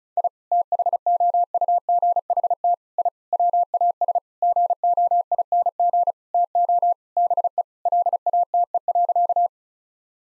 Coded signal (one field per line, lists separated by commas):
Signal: Morse code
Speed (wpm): 36 wpm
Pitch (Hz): 700 Hz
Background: none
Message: I THOUGHT I WAS GOING TO BE LATE.